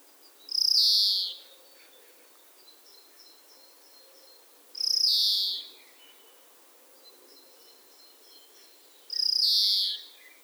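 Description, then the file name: European greenfinch repeating a long buzzy wheeze three times, roughly every four seconds, with soft high twittering notes in the gaps. "Chloris chloris"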